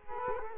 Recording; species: mosquito wingbeat signal from an infrared sensor; Culex quinquefasciatus